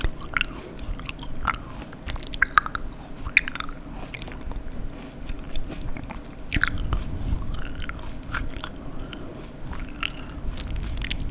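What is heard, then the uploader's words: Someone eats pasta, with steady wet chewing and frequent sharp smacks and clicks of the mouth throughout. A low, constant hum sits underneath, and occasional louder bites stand out near the second and seventh seconds. Eating Sounds (Tortellini im Stream essen).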